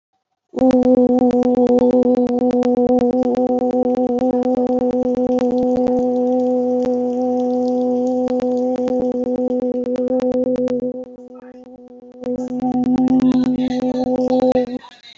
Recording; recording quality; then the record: sustained vowel as in boot; moderate, slight background noise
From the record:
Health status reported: healthy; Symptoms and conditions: fever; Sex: female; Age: 22 years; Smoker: not ticked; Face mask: worn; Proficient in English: yes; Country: India